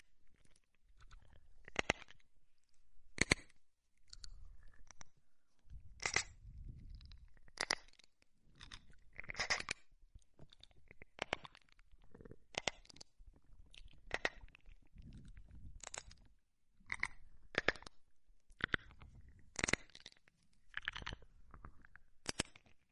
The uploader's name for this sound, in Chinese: 填满脑阔的口腔音